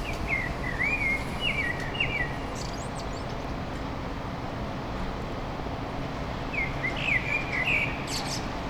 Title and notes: Un Merle Sans Illusion. sur le chant précieux d'un turdus merula au 95 rue des Raymond, à Paris, en plein chantier